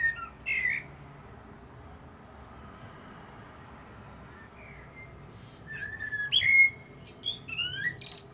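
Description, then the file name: Common blackbird song: brief whistled notes at the start, a quiet gap, then a fuller fluted phrase ending in high, squeaky twitters. "Turdus merula"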